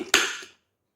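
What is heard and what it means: A BluArmor C20 intercom unit is pushed back onto its plastic bracket on an LS2 helmet, giving one sharp click at 0.1 s that rings briefly and fades out by about 0.55 s. The click shows the unit is seated properly on the mount. No one talks during the clip.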